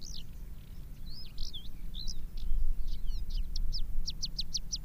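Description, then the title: Javan bush lark song starting with looping, warbled whistles and ending in a quick series of crisp, evenly spaced high notes, against a low droning background. "Suara Burung Branjangan"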